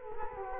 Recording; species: mosquito wingbeat signal from an infrared sensor; Culex quinquefasciatus